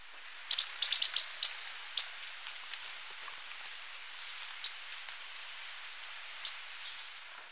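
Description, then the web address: Handsome flycatcher giving a rapid burst of high, thin ticks early on, followed by single sharp notes every couple of seconds against gentle hiss. Ecuador, South America. "Natures Songs S America Birds of Ecuador Handsome Flycatcher"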